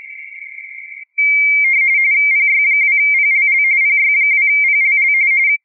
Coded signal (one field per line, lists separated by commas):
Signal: RTTY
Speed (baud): 45.45 baud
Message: PY2PLL PY2PLL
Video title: CQWW RTTY 2023